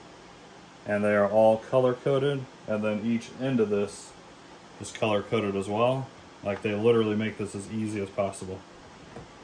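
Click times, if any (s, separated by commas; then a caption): none. Color-coded plastic filament rollers are being handled beside the filament holder arm of the AMS lite, where they push on and snap into place. Someone talks throughout over a low steady background hiss, with no distinct click heard. Nothing has seated or clicked yet.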